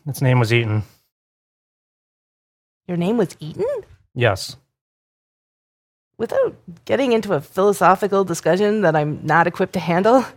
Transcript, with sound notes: Its name was eaten.
Your name was eaten.
Yes.
[LONG PAUSE] Without getting into a philosophical discussion that I'm not equipped to handle,